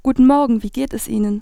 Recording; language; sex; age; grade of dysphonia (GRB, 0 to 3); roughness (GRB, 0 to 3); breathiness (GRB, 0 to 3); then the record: spoken sentence; German; female; 20 to 29 years; 0; 0; 0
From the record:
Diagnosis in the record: healthy voice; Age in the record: 26 years